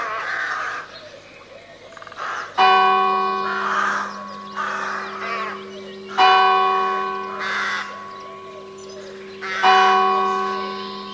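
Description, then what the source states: Crow caws, harsh calls scattered between loud ringing bell strikes that come about every three and a half seconds and hum as they fade. Crows with bells.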